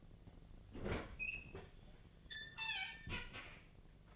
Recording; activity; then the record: daily activity, microphone in the room; open fridge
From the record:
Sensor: 4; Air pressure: 1010.5 hPa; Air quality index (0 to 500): 177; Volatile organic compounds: 5 ppm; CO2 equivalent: 1793 ppm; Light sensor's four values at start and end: 33/98/39/39 and 28/85/33/34